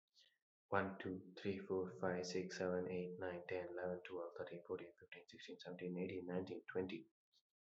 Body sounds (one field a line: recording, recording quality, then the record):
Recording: counting at a fast pace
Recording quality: excellent, no background noise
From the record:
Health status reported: healthy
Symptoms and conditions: none ticked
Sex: male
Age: 25 years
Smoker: not ticked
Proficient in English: yes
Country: India